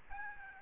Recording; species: mosquito wingbeat signal from an infrared sensor; Aedes albopictus